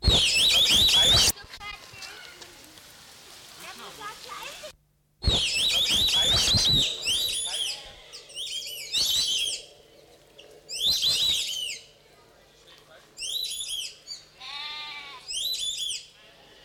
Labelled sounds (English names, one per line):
White-faced Whistling Duck